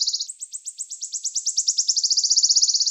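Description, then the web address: Wood warbler trill: a rapid series of high, thin ticking notes that speeds up and grows louder over three seconds into a shivering, accelerating buzz. "Phylloscopus sibilatrix"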